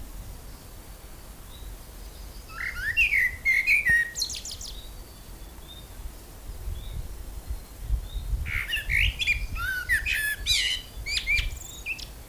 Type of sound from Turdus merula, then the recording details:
song. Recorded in the wild. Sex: male. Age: adult. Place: Lübars (Fließtal), Berlin, DE. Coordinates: 52.6167, 13.35. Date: 2001-04-28 11:05. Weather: fair, ca. 15°C, windy. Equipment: Nagra SN, Kopie Uher 4000 Report Monitor. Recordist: Tembrock, Günter